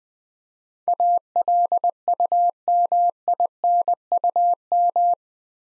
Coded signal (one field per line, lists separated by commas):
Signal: Morse code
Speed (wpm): 20 wpm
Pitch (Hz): 700 Hz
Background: none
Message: ALUMINUM